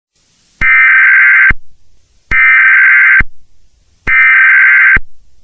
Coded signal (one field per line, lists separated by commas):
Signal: Emergency Alert System (SAME) tones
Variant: header bursts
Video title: The evolution of my EAS mocks after 1 month.